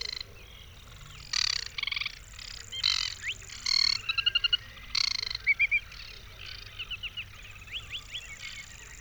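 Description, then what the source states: Bird song: harsh buzzy nasal notes mixed with quick bursts of sharp chirps and twittering whistled slurs. Song flights at dusk.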